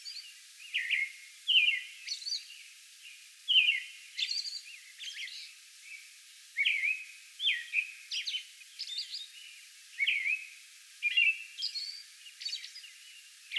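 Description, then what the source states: American robin caroling with varied whistled phrases, some faint, others stronger, accompanied by thin high squeaks and a soft hiss of background noise. Song bout recorded May 11.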